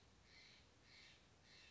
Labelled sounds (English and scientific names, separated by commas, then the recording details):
Steller's Jay (Cyanocitta stelleri)
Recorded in Sonoma County, California